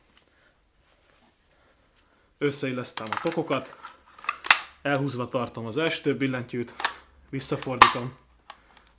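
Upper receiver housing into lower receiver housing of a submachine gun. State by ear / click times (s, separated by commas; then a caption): seated / 8.5 s. Someone talks while reassembling an MP40 "Schmeisser" 9mm submachine gun, joining the upper and lower metal receiver housings and turning the housing back into place. A sharp click is heard at 8.5 s as the upper receiver housing seats into the lower receiver housing, followed by a few faint ticks.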